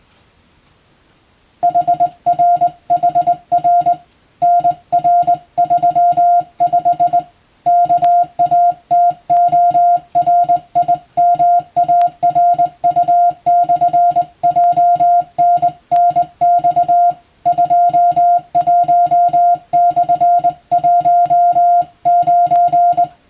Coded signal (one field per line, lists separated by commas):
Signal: Morse code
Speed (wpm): 20 wpm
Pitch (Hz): 700 Hz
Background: music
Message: HRHR NR35 KATORIMARU/JNNX 21/19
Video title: 【Radio Officer morse practice】This is a Morse code practice video. There is a morse exam in japan.